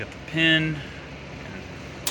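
A clevis pin is wiggled through the aligned holes of a Harley Sportster 883 motorcycle footrest (footpeg) and its metal mount while someone talks over a steady low background hum. At 2.1 s the pin drops home with a short, sharp metallic knock, seating fully through the mount.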